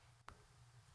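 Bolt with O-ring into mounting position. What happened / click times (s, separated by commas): A single light click, but the part is not fully seated / 0.3 s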